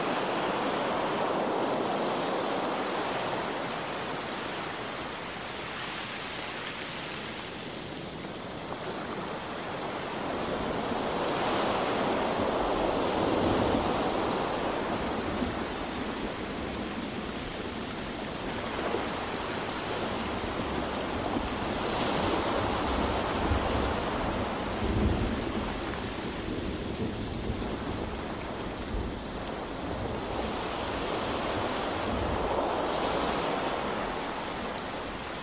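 Steady rain hisses throughout, dense, while slow swells of ocean waves rise and fall roughly every five to six seconds, brightening as they wash in. A faint low rumble sits underneath, with a soft thump near twenty-five seconds.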